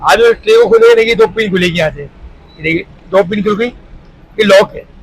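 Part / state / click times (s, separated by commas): extension tray onto sewing machine bed / not seated / none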